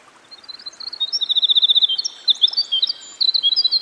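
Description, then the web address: Winter wren singing a fast, high-pitched run of bubbling warbles and buzzy rattling trills, with a brief dip in the middle before the tumbling notes resume. Singing by a stream. "Dan Gibson Songbirds By The Stream. Winter Wren"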